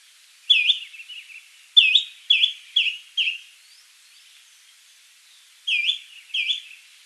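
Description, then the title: Greenish schiffornis giving sharp, high, V-shaped call notes, singly and in quick pairs, with several spaced bursts and faint softer chirps between. "LuckyPassaro Completos2Sama. Greenish Schiffornis (Schiffornis virescens)"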